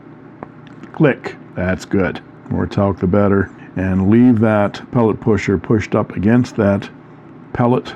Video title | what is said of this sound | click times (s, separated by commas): Pen Resurrection Sunday Ep 149 1945 Parker Vacumatic Azure Blue Pearl | Click. That's good. | 0.4 s